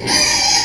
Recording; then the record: squeal of a Yucatan mini pig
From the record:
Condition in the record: before surgery on the right vocal fold (resection and tissue-engineered implant); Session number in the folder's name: 2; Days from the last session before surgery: 0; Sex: male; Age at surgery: 12 weeks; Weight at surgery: 13 kg